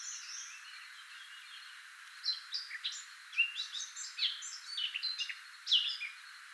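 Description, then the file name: Eurasian blackcap warbling, a run of varied high notes that begins after about two quiet seconds. "Sylvia atricapilla"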